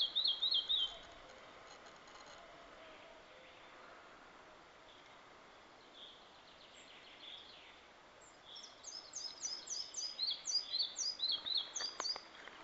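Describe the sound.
Red-breasted flycatcher song: a brief high phrase at the start, then a long quiet stretch of background hiss, then a rhythmic run of repeated thin, high notes near the end.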